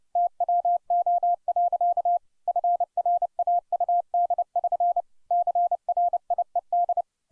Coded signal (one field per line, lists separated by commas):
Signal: Morse code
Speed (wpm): 30 wpm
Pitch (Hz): 700 Hz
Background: none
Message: TWO. FRAUD<SN> CRIED